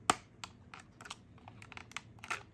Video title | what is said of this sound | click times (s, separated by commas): How to install Dodge Charger US Speedo Daytona Edition Custom Gauge Face Swap (BLUE) #gauges #dodge | Simply just push it in. You're gonna hear a little click. | 0.1 s